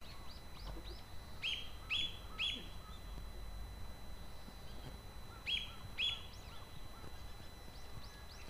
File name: kaogurogabicyo jinaki